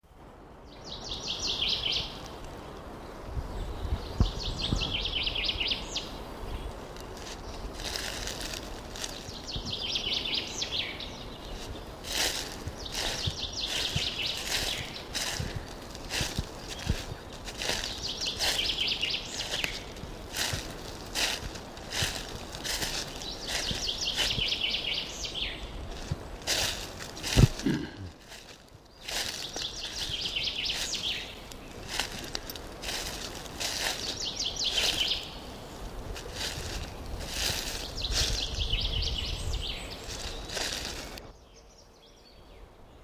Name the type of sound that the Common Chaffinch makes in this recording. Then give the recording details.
song. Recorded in the wild. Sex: male. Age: adult. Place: Mühlenbecker Land, OT Mühlenbeck, Brandenburg, DE. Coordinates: 52.6833, 13.4. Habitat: forest. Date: 1988-04-03 11:21. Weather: hazy, 8°C. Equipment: Nagra SN, Kopie Tesla B 116. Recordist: Tembrock, Günter